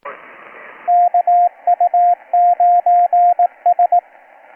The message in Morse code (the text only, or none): KU9S